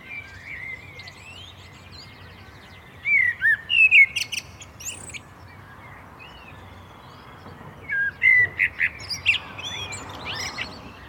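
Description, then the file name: Common blackbird singing two phrases, each of low fluted whistles ending in a high squeaky twitter, separated by a pause of several seconds. "Turdus merula"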